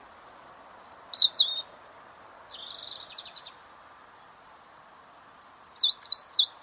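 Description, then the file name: European robin song: a high whistle dropping into twittering notes, a soft scratchy trill, then three bright high notes after a pause, with faint background hiss. "Erithacus rubecula"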